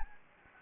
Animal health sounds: mosquito wingbeat signal from an infrared sensor; Anopheles gambiae

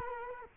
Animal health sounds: mosquito wingbeat signal from an infrared sensor; Culex quinquefasciatus

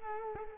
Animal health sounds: mosquito wingbeat signal from an infrared sensor; Culex quinquefasciatus

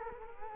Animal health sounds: mosquito wingbeat signal from an infrared sensor; Culex quinquefasciatus

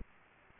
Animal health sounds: mosquito wingbeat signal from an infrared sensor; Aedes aegypti

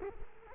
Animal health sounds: mosquito wingbeat signal from an infrared sensor; Culex quinquefasciatus

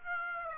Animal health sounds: mosquito wingbeat signal from an infrared sensor; Aedes aegypti

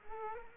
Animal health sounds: mosquito wingbeat signal from an infrared sensor; Culex quinquefasciatus

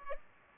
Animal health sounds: mosquito wingbeat signal from an infrared sensor; Culex pipiens

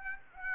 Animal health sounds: mosquito wingbeat signal from an infrared sensor; Aedes aegypti

